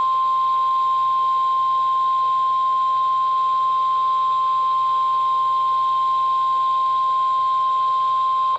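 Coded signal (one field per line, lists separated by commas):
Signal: Emergency Alert System (SAME) tones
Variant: 1050 Hz attention tone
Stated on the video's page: Emergency Alert System flash flood warning.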